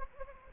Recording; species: mosquito wingbeat signal from an infrared sensor; Anopheles gambiae